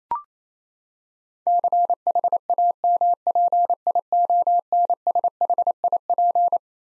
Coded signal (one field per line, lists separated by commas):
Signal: Morse code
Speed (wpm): 28 wpm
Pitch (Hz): 700 Hz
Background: none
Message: CHAMPIONSHIP